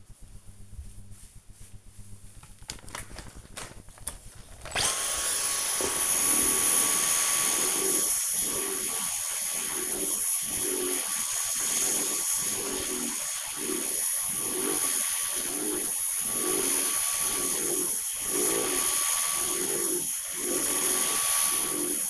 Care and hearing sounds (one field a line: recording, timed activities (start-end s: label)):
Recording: household activities, microphone on the right wrist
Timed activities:
1.87-22.10 s: vacuum cleaning